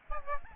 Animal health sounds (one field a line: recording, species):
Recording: mosquito wingbeat signal from an infrared sensor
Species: Aedes albopictus